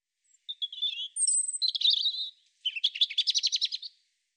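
European robin singing, warbling notes and a high drawn whistle, more warbling, then after a short pause a quick trilled rattle of repeated elements.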